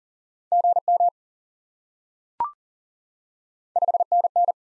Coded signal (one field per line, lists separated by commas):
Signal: Morse code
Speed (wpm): 40 wpm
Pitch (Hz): 700 Hz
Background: none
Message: GM 5NN